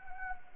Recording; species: mosquito wingbeat signal from an infrared sensor; Anopheles gambiae